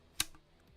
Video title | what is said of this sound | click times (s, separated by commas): FMG9 Water Spray Build | So yeah, that latches into place nicely. can hear a nice satisfying | 0.2 s